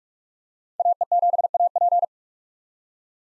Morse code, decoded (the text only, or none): AE7AP